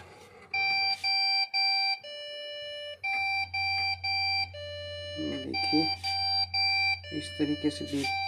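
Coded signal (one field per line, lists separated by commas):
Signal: beep code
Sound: buzzy square-wave beeps repeating back to back, pitch dropping at times, with brief speech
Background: mains hum, speech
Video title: beep sound in pc no display II continuous beep sound in pc and laptop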